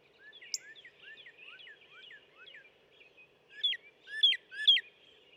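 Northern cardinal song: a steady run of soft, downslurred whistled notes, then three louder, sharper slurred notes near the end, with a faint low hum throughout.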